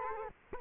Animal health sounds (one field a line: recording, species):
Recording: mosquito wingbeat signal from an infrared sensor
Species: Culex quinquefasciatus